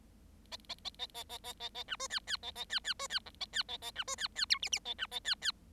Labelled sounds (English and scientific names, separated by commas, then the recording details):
Bengalese Finch (Lonchura striata domestica) song
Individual Bird7